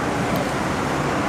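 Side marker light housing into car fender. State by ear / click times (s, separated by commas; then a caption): not seated / none. An LED side marker light housing is handled at a car's fender opening, about to be pushed firmly in so its plastic tabs click and lock. Only a steady, even broadband noise like road traffic is heard throughout. Nothing has seated or clicked yet.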